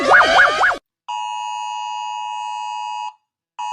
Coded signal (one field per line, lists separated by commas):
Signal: Emergency Alert System (SAME) tones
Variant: 853 and 960 Hz attention tone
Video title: 🚨 Rating EAS alarms from around the world 🚨 || ・Chibicake Gacha・